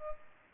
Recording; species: mosquito wingbeat signal from an infrared sensor; Culex pipiens